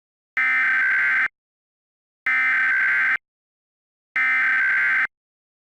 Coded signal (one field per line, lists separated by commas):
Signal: Emergency Alert System (SAME) tones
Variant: header bursts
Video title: EAS Scenario #4: Gacha Life